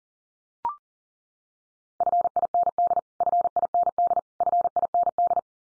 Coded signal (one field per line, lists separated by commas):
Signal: Morse code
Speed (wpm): 40 wpm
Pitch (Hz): 700 Hz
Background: none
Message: FIND FIND FIND